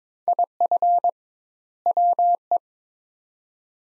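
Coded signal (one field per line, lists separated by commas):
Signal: Morse code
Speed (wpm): 21 wpm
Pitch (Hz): 700 Hz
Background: none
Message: IF WE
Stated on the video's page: Morse practice drill of two-word sets at 22 wpm with 2x word spacing, a Farnsworth-like method, each set followed by speech.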